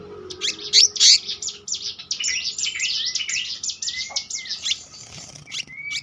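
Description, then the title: Selendang biru pouring out a rapid, rolling chatter of high buzzy notes, ending with a few soft rising whistles. Gacor ngeroll: continuous, rolling song, with isian, song fill-in phrases. "BURUNG SELENDANG BIRU GACOR NGEROLL ISIAN"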